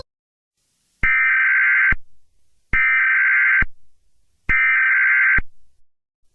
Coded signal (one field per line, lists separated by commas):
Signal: Emergency Alert System (SAME) tones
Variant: header bursts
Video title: EAS scenario 5: whitty’s explosion part 3 the return of slendybob, slendybowl and slendycane